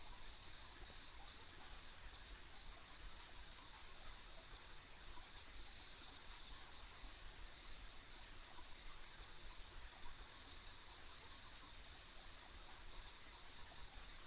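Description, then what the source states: Insects in a steady chorus, a continuous high shimmering band with faint flickers, over a low, constant background rumble. Ambient insect sounds on a country road.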